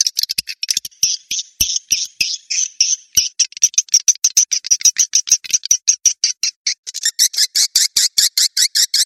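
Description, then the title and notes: Swiftlet chirping: a rapid series of sharp, high ticking notes that build into regular buzzy chirps near the end. Asia; sound used in swiftlet farming to attract the birds. "Swiflet Bird Sound. Farming Swiflet Bird asia sound"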